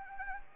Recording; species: mosquito wingbeat signal from an infrared sensor; Anopheles gambiae